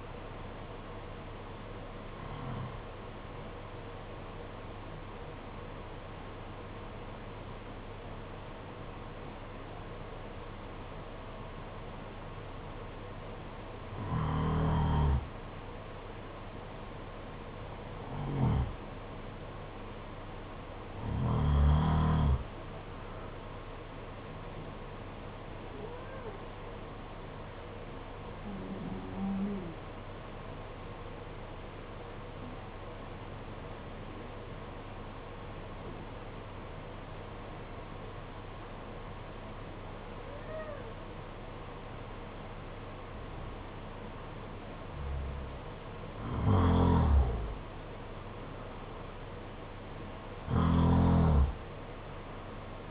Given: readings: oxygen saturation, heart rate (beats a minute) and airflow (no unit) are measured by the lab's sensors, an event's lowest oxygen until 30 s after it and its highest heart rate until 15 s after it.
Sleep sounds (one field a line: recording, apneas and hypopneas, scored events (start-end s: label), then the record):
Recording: breathing in sleep by a voice recorder at the bedside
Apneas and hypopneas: 1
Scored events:
6.00-41.90 s: hypopnea (N1, oxygen 95% highest, then 89% lowest, heart rate 53 at the start, 56 highest)
From the record:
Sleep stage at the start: N1 (lightest sleep)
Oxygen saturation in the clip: 91 to 95%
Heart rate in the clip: 51 to 55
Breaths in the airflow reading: 11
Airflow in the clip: -6.8 to 7.1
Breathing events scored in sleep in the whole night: 476 in 9.7 hours asleep